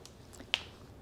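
A boot steps into a Clew Freedom 1.0 snowboard binding to adjust it, and its hooks engage. A few faint ticks come before a single sharp click at 0.5 s as the boot seats in the binding.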